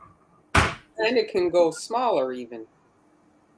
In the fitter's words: so it snaps in place like that and you can put your stencil inside